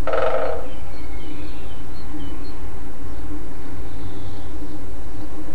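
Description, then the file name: Great spotted woodpecker drumming, a single brief rapid roll at the start, followed by soft high bird calls over a constant low rumble. Drumming; recorded 5 04 07 on a MZ-N 710 recorder. "MZ-N 710 Pic epeiche tambourinant 5 04 07"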